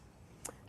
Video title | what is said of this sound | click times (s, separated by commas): Cuisinart 14-cup Elite Food Processor FP-14DC | Press it down in the front until it clicks. Press it down in the back until it clicks. | 0.5 s